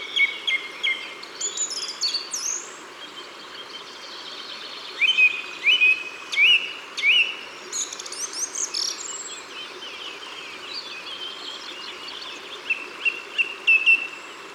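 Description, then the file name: Song thrush singing: a clear whistled note repeated four times in quick succession, later another short repeated phrase. Recorded in Ardèche, France. "Grive-Musicienne-Concerts-Naturels-De-l Ardeche"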